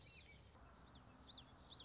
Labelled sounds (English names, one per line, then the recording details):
Common Yellowthroat
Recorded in Sonoma County, California